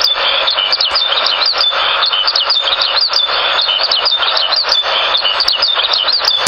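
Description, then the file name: Eurasian skylark song, nonstop high warbling with sharp rising and falling whistled notes woven into the rapid stream. July 2005, north side of Endo. "ヒバリ 遠藤北側"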